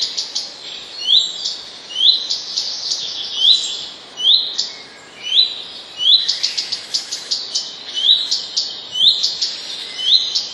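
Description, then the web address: Common redstart song with clear ascending whistles leading into varied scratchy, twittering endings, repeated steadily in short bursts. "wroblowe kolekcja pleszka"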